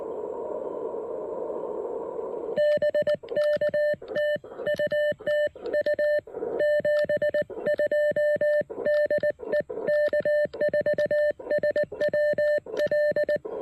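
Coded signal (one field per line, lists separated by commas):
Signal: Morse code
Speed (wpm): 18 wpm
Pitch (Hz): 590 Hz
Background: none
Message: BK TU TU 72 DE K4SWL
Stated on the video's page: Park activation on 20M using an Elecraft KX1 with a PackTenna 20M EFHW antenna at a state park.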